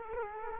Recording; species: mosquito wingbeat signal from an infrared sensor; Culex quinquefasciatus